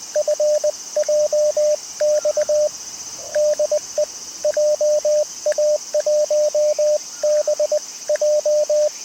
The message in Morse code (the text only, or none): FJX DE JA1BJ